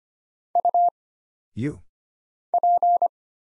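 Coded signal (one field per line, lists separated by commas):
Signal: Morse code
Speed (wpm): 25 wpm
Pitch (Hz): 700 Hz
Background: none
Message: U P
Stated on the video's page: Single-character Morse drill for instant character recognition at 25 wpm: letters, numbers, punctuation and prosigns, each sent, spoken, then sent again.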